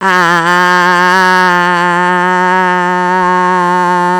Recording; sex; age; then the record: sustained vowel /a/; female; 60 to 69 years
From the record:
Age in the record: 66 years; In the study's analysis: excluded